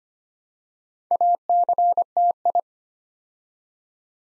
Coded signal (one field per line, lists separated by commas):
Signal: Morse code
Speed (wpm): 25 wpm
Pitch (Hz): 700 Hz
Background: none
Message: ACTI